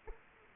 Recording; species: mosquito wingbeat signal from an infrared sensor; Culex quinquefasciatus